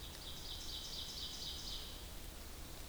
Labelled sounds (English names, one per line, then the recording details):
Ovenbird song
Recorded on 2 June 2016 at 08:52
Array SBT-3-7